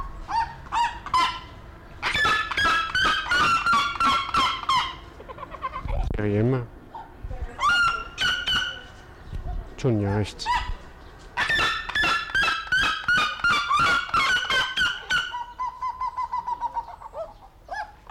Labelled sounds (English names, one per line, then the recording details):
Red-legged Seriema call
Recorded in captivity
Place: Zoo Berlin, Berlin, DE
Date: 1992-07-25 11:50
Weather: sonnig (heiter - schwül), 23-26°C
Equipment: Marantz CP 430, Sennheiser ME 80, Kopie Tesla B 116
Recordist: Tembrock, Günter